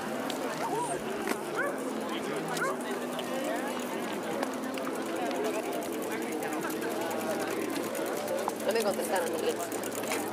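Hundreds of people go about their activities outdoors, a steady dense murmur of voices with occasional clicks and chatter throughout.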